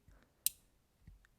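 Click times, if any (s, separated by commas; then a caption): 0.5 s. The blade holder of a Fiskars Pro folding utility knife is pulled out a millimeter or two and pushed back until it locks. A sharp, firm click sounds at 0.5 s, followed by a much fainter tick near 1.3 s. The click means the metal blade has locked into place.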